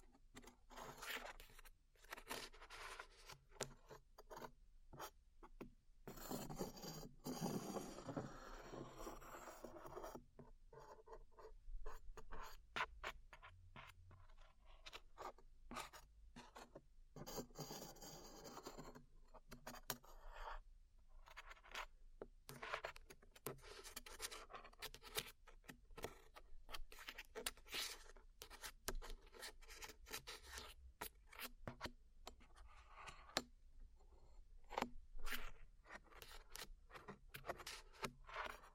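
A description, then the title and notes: Glue being peeled off ears: dense, sticky crackling and tearing made of rapid irregular clicks and scrapes throughout. Fuller, smeared rubbing swells around 6–9 and 17–20 seconds, while the later part turns to sparser, sharper pops and crackles with short gaps. ASMR Peeling Glue Off Your Ears (No Talking).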